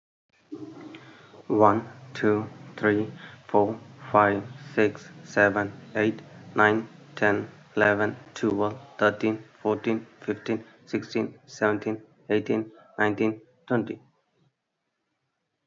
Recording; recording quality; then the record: counting at a normal pace; excellent, no background noise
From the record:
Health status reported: healthy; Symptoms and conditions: none ticked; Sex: male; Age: 35 years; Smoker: not ticked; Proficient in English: yes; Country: India